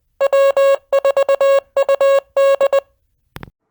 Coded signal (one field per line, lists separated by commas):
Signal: Morse code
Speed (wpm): 20 wpm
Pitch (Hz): 550 Hz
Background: none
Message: W4UD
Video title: Bristol 2 Meter Net 11-19-19